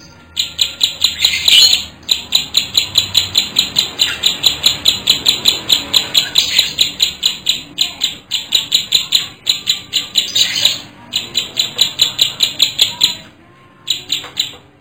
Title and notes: Kicau Ciblek. putri sherin. suara burung ciblek gacor dan anakan